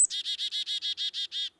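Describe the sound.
Chickadee call: a brief high note followed by a rapid series of buzzy dee notes, evenly spaced over about a second and a half, quiet background.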